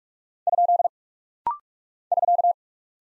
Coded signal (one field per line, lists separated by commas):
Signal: Morse code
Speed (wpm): 44 wpm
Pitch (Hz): 700 Hz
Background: none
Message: ? <SK>